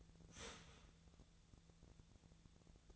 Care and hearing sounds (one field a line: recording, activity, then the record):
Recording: daily activity, microphone in the room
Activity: start toaster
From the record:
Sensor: 3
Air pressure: 1000.2 hPa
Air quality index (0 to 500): 154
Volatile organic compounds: 3 ppm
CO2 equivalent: 1364 ppm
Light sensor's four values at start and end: 37/94/39/43 and 37/95/40/43